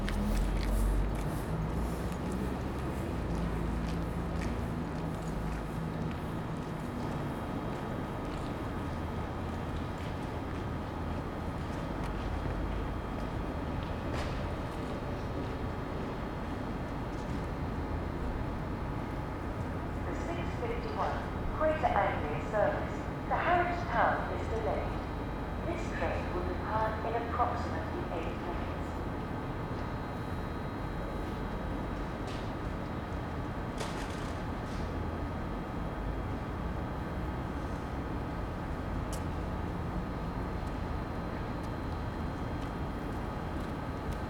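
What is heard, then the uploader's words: Early morning on a cold station platform: a steady low rumble and hum fill the air throughout. Around twenty to twenty-seven seconds, a brief burst of voices or clattering rises, with a few sharp clicks scattered elsewhere before the constant drone settles back. Captured early in the morning on a cold station platform. The temperature is -3c and the people waiting for the train are wearing winter clothing.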